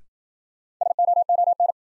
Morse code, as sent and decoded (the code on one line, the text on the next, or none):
... --- --- -.
SOON